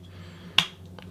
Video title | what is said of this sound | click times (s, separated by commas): Transformers Legacy Transmetal II Megatron Review | back until it clicks into place | 0.6 s